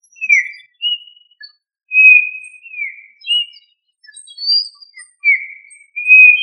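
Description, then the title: Quail calls as clear whistled notes, several falling in pitch, separated by short pauses with a few fainter high chips between them. "Familia Tinamidae - Quail - Puyuh"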